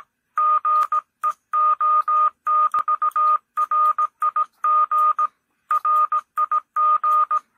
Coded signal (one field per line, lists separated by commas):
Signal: Morse code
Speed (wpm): 18 wpm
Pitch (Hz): 1220 Hz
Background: none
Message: GEO<BT>RIG RIG